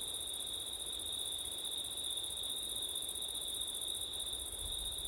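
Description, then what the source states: Steady cricket trilling, high and unchanging, layered with a second thinner ringing tone above. Crickets recorded on a September night with wind; recorded with ortif setup.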